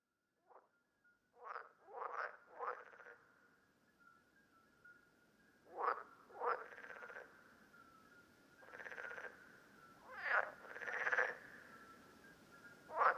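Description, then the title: Parsley frog calls as creaky, ratchet-like croaks spaced by quiet gaps, some in quick pairs, over a faint steady high tone. Several frogs recorded at Lerouville, Lorraine, France, on 5 June 2022. "Parsley-Frogs-Lerouville-Lorraine-France-05 06 2022"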